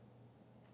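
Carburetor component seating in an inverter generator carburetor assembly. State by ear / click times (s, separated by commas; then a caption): not seated / none. A carburetor part is being positioned in the carburetor assembly of an old Honda EU2000i inverter generator that leaks fuel. Only a steady low hum with faint handling noise is heard, with no hits or sharp sounds. Nothing has seated or clicked yet, and the part is not all the way down.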